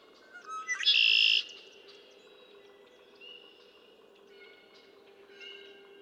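Red-winged blackbird song: brief stuttering notes lead into a loud buzzy trill near the start, followed by softer thin whistles and chips.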